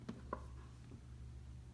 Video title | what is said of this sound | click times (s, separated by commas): Seiko SRP777 How to: Install and Remove Lug Bars and Strap | push it down get inside the lug snaps right in there you go hope | 0.3 s